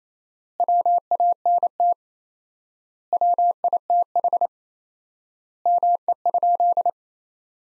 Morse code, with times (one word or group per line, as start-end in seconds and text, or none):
0.6-1.9 WANT
3.1-4.5 WITH
5.7-6.9 ME?